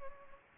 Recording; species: mosquito wingbeat signal from an infrared sensor; Culex pipiens